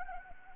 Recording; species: mosquito wingbeat signal from an infrared sensor; Anopheles arabiensis